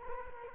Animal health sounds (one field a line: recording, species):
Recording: mosquito wingbeat signal from an infrared sensor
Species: Culex quinquefasciatus